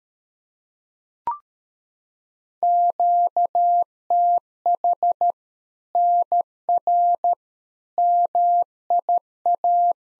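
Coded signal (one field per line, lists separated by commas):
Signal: Morse code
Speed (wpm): 13 wpm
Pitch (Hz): 700 Hz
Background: none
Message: QTH NR MIA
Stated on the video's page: Practice CW QSO exchange for head-copy at 13 wpm; beginning segment.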